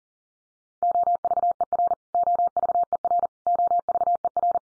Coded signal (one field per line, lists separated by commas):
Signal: Morse code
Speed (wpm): 40 wpm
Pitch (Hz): 700 Hz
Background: none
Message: OVER OVER OVER